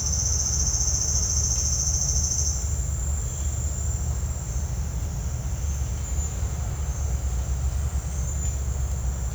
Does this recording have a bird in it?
yes